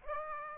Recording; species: mosquito wingbeat signal from an infrared sensor; Aedes aegypti